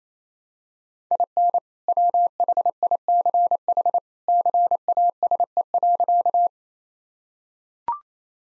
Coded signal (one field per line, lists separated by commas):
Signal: Morse code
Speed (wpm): 28 wpm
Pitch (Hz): 700 Hz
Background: none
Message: IN WHICH CASE.